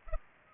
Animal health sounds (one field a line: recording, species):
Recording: mosquito wingbeat signal from an infrared sensor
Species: Culex pipiens